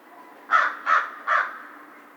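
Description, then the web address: American crow giving three loud harsh caws in quick succession, evenly spaced, with a quiet hiss behind. Recorded 2 March 2010. "Crow 2010 03 02 American Crow"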